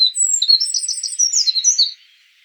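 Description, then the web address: Eurasian wren song: a rapid, high, scratchy jumble of chirps and short twittering phrases for about two seconds, then quiet. "troglodytes troglodytes call"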